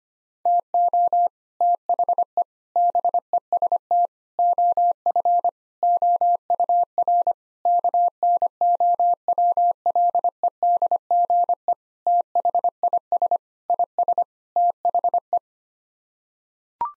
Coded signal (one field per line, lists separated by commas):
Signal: Morse code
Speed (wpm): 25 wpm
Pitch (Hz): 700 Hz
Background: none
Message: TO THE BEST OF OUR KNOWLEDGE THIS IS THE